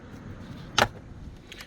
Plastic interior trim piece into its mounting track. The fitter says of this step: Top first. And this guy pops in.